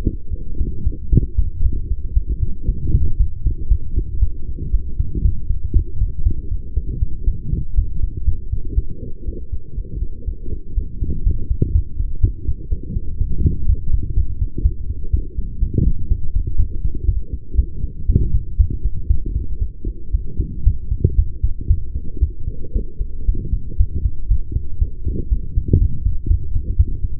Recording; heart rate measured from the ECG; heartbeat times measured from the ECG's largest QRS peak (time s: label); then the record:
heart sounds by stethoscope; 119 bpm
0.04 s: heartbeat
0.58 s: heartbeat
1.10 s: heartbeat
1.62 s: heartbeat
2.14 s: heartbeat
2.66 s: heartbeat
3.18 s: heartbeat
3.69 s: heartbeat
4.20 s: heartbeat
4.71 s: heartbeat
5.22 s: heartbeat
5.73 s: heartbeat
6.24 s: heartbeat
6.74 s: heartbeat
7.25 s: heartbeat
7.75 s: heartbeat
8.25 s: heartbeat
8.75 s: heartbeat
9.25 s: heartbeat
9.75 s: heartbeat
10.25 s: heartbeat
10.75 s: heartbeat
11.24 s: heartbeat
11.73 s: heartbeat
12.21 s: heartbeat
12.70 s: heartbeat
13.18 s: heartbeat
13.67 s: heartbeat
14.15 s: heartbeat
14.63 s: heartbeat
15.11 s: heartbeat
15.60 s: heartbeat
16.09 s: heartbeat
16.57 s: heartbeat
17.06 s: heartbeat
17.56 s: heartbeat
18.07 s: heartbeat
18.57 s: heartbeat
19.08 s: heartbeat
19.59 s: heartbeat
20.12 s: heartbeat
20.64 s: heartbeat
21.16 s: heartbeat
21.68 s: heartbeat
22.20 s: heartbeat
22.73 s: heartbeat
23.26 s: heartbeat
23.78 s: heartbeat
24.29 s: heartbeat
24.79 s: heartbeat
25.30 s: heartbeat
25.79 s: heartbeat
26.28 s: heartbeat
26.77 s: heartbeat
From the record:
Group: healthy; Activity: light exercise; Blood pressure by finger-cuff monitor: 112/79 mmHg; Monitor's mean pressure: 89 mmHg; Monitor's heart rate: 118 bpm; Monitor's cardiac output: 8.5 L/min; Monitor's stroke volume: 73 mL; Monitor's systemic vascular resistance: 750 dyn s/cm5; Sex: female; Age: 23 years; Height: 160 cm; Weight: 50.4 kg